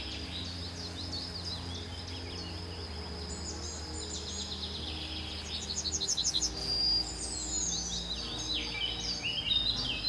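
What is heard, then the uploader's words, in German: Birdsong chirps and trills continuously in the upper register, with quick repeated notes and rapid sweeps, busiest after the six-second mark. Underneath, soft sustained music holds low steady tones that shift slightly around six seconds, staying quiet and even throughout. Einschlafen Friedlich mit der Sanftheit der MUSIK und den GESÄNGEN DER VÖGEL. Eine Oase des Klangs, wo die Sanftheit der Musik harmonisch mit den beruhigenden Vogelgesängen verwoben ist.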